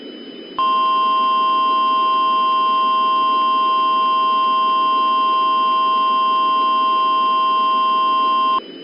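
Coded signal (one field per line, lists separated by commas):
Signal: Emergency Alert System (SAME) tones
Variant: 1050 Hz attention tone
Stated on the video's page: Mockup EAS Child Abduction Emergency for Ohio using valid EAS tones, based on a real alert.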